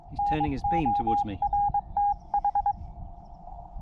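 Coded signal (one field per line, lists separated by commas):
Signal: Morse code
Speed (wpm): 24 wpm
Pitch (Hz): 810 Hz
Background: speech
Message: NORTH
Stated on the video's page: QRP portable operation in the countryside with a QCX Mini.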